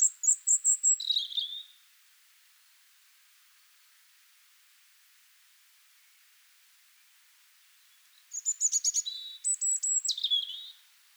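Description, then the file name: European robin song phrases, high thin warbling notes tumbling downward, one burst at the start and another after a long silent pause. "Erithacus rubecula"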